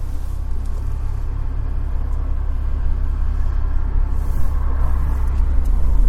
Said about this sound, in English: Some cars coming.